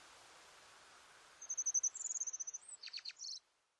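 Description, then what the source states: Japanese accentor singing a short, very high phrase of fast tinkling pulses ending in several sharp downward notes, with faint hiss before it starts. Recorded at Norikura, Japan, on 28 May 2010.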